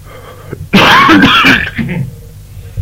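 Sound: coughing and throat clearing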